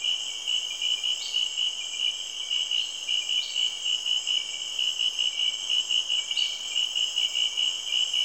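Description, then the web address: Insects calling in a loud high chorus that pulses rhythmically over a steady shrill background trill. Recorded in Cameroon, Africa. "BBC Sound Effects Library. Cameroun, Insects"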